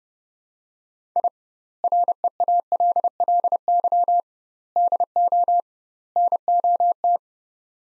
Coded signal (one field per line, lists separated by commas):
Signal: Morse code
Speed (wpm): 32 wpm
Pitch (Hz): 700 Hz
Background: none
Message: I REALLY DO NOT